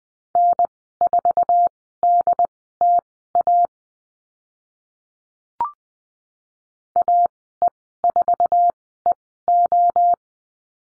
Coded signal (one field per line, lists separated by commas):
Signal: Morse code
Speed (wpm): 20 wpm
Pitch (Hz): 700 Hz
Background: none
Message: N4DTA AE4EO